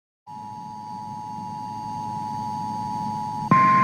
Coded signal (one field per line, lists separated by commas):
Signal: Emergency Alert System (SAME) tones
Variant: 853 and 960 Hz attention tone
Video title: (EAS) 2 Winter Storm Warnings [EAS #151-152]